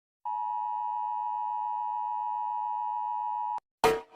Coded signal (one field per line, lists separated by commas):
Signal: Emergency Alert System (SAME) tones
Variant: 853 and 960 Hz attention tone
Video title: Rating EAS Alarms (PLEASE READ THE PINNED COMMENT)